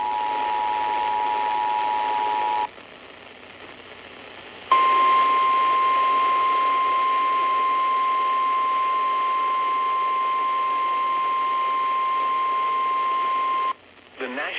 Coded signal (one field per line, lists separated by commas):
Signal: Emergency Alert System (SAME) tones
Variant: 853 and 960 Hz attention tone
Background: speech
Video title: EAS #2989-2990 Severe Thunderstorm Warning on WZSR and WLS-AM 6-22-24